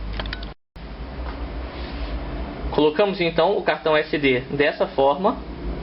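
An SD memory card is being handled at the SD slot of a Zeebo game console, where it has to go in upside down because the port is inverted. A few faint handling ticks come early, then someone talks. Nothing has seated or clicked yet.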